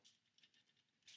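The rear panel of a plastic 52Toys IB-15 Patagona Infinitybox AMTS Rescue Vehicle, a transforming toy aircraft, is rotated up and over onto the body. Light plastic rattling and scratching lead to sharp clicks at 0.4 s and 1.1 s, the second louder and bright. The panel's peg-and-post connection snaps into place and is checked to be secure.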